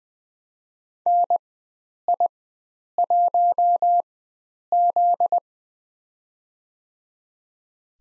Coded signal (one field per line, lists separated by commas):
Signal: Morse code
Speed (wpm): 20 wpm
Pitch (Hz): 700 Hz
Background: none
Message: NI1Z